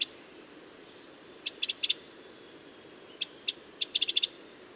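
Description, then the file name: Eurasian wren giving hard, dry tick calls: a lone click at the start, then scattered ticks and quick bursts of several, with quiet gaps between. "Troglodytes troglodytes"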